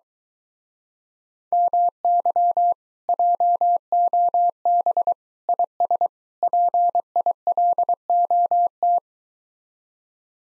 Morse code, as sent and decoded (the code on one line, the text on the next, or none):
-- -.-- / .--- --- -... / .. ... / .--. .. .-.. --- -
MY JOB IS PILOT